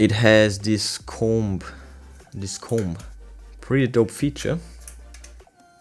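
Someone talks while handling a plastic comb attachment for a Brigii H5 high-speed handheld vacuum, bringing it toward the vacuum's nozzle, with a few brief handling taps near the end at about 4.9, 5.1 and 5.3 seconds. The attachment has not seated or clicked into place yet.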